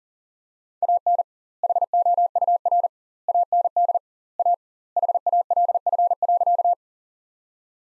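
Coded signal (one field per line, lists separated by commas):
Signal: Morse code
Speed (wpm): 40 wpm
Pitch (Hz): 700 Hz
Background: none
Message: AN HOUR AND A HALF.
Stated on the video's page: Morse practice sentences from the top 400 words at 40 wpm with twice the standard word spacing, a Farnsworth-like method applied to words.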